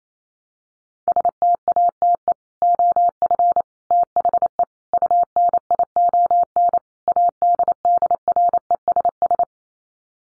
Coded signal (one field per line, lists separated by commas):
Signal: Morse code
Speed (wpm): 28 wpm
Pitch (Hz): 700 Hz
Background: none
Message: STATE OF THE UNION ADDRESS